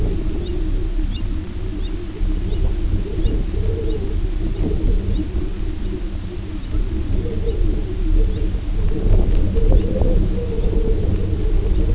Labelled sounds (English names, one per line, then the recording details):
American Golden-plover
unidentified sound
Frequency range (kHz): American Golden-plover 2.4-4.7 kHz
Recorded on Arctic tundra, site UTQI-0, on 19 June 2018
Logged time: 22:00